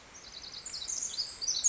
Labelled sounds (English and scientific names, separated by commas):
Pacific Wren (Troglodytes pacificus)